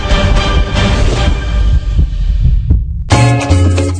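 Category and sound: sound effect, heartbeat sound effect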